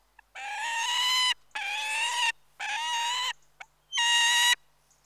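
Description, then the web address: Peregrine falcon giving four long, harsh, rasping wailing calls separated by short pauses, with a quiet background. "The BBC Sound Effects Library. Peregrine Falcon"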